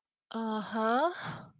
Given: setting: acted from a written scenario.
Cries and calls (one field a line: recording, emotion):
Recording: vocal sound without words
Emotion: romantic love